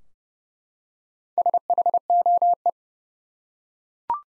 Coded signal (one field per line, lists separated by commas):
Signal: Morse code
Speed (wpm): 32 wpm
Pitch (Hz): 700 Hz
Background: none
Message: SHOE